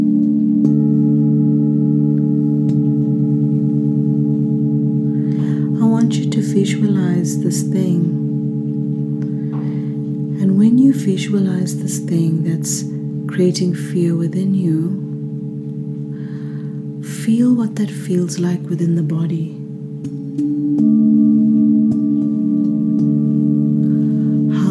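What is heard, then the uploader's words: Ancient singing bowls hum in a steady, layered low drone throughout, while a voice speaks intermittently over it from about five seconds onward. The sound from the ancient singing bowls.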